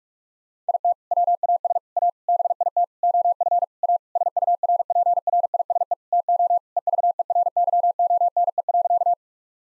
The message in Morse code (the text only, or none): IT WAS A BIT OF A SURPRISE TO EVERYONE.